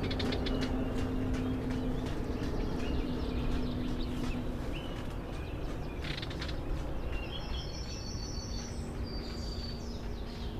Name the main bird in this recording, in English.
Barred Warbler